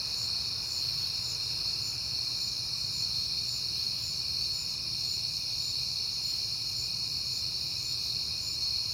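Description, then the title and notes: Crickets trill continuously in a high, layered chorus over a low background hum. Crickets recorded at night in September, on a peaceful night. "Night Time: Crickets and Passing Cars. It is September and I have been hearing the crickets a lot"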